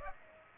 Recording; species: mosquito wingbeat signal from an infrared sensor; Aedes aegypti